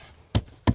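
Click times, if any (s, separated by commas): none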